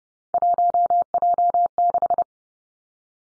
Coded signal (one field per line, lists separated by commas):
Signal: Morse code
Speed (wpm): 30 wpm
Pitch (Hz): 700 Hz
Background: none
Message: 1J6